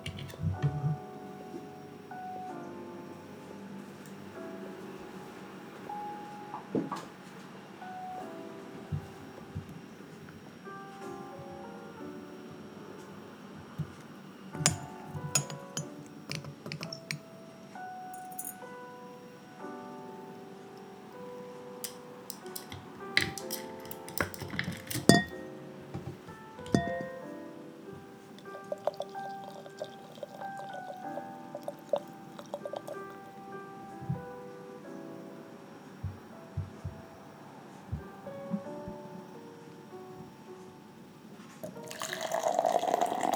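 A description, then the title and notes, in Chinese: Siphon coffee being brewed: quiet bubbling, light clinks and sharp taps of glass and utensils come irregularly throughout, with brief pouring sounds. Clusters of clatter near 15 and 25 seconds, and a rushing hiss swells at the end. 雨天煮個虹吸咖啡吧。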